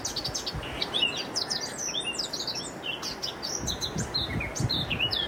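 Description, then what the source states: Eurasian Blackcap song: rich, fast warbling phrases of high, varied notes, continuous throughout, with a low rumbling background. Blackcap singing in a bramble bush at the observer's home; the observer is amazed by the quality of its song.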